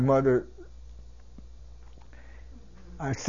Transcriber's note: pauses, takes a breath